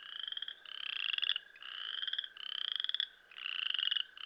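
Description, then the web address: Western chorus frog giving rapid pulsed trills in quick succession, each lasting under a second. "Dan Gibson Wildlife Identification By Sound, Eastern North America Pt 1. Western Chorus Frog"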